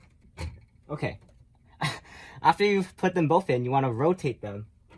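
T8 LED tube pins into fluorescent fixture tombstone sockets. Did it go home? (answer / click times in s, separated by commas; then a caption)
no / none. A 48-inch T8 LED tube with both ends inserted into the tombstone lampholders of a fluorescent fixture is being handled before it is rotated to lock its pins. Someone talks throughout, with a few soft handling noises between the words. Nothing has seated or clicked yet.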